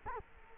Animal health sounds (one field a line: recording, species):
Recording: mosquito wingbeat signal from an infrared sensor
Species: Culex quinquefasciatus